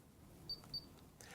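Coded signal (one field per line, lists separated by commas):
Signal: beep code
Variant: Hunter ROAM receiver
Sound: two short high-pitched beeps in quick succession, with faint clicks around them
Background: button clicks, room noise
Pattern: 2 short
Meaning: The receiver heard the command and will turn on that station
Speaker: two beeps just means hey I heard you I'm going to turn on that station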